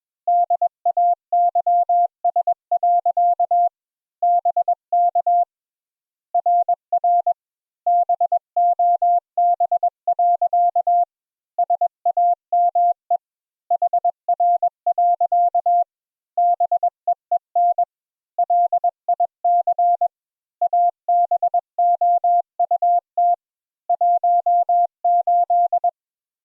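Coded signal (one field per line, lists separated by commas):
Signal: Morse code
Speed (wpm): 21 wpm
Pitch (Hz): 700 Hz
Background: none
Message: DAYS. BK RR BOB. SAME HR. BEEN LIC ABOUT 18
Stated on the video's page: Morse code practice session.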